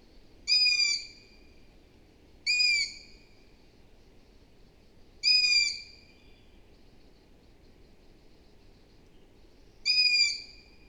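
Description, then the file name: Long-eared owl uttering shrill, creaking squeaks, four calls, irregularly spaced, over quiet low background hiss. "Hibou moyen-duc - Asio otus"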